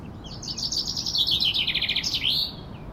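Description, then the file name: Common chaffinch singing one full phrase, a rapid cascade of sweet trilled notes dropping lower as it goes and closing with an emphatic flourish; steady hiss underneath. "Fringilla coelebs"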